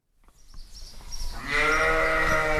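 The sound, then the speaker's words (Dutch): A sheep in a sheepfold just outside Dakar, Senegal, lets out a long, wavering bleat after a second of low shuffling and rustling, its harmonic cry loud and sustained to the end. “We zijn bij Bergerie Galoya, dat is een schaapskooi net buiten de Senegalese hoofdstad Dakar.”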